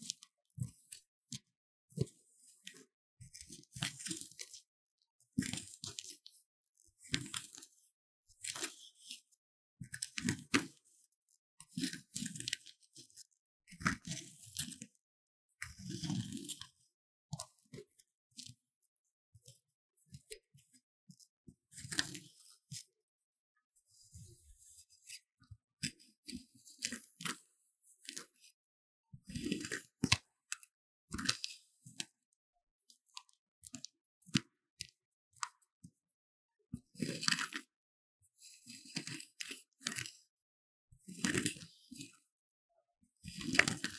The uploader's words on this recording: Relaxing Scrape Magnesium Powder Block | NoTalking.